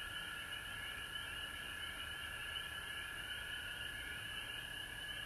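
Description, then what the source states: Frogs calling in a dense chorus, a steady high trilling drone with a second pulsing layer of rapid chirps above it, continuous throughout. Frogs recorded at home in Georgia on March 19, 2020.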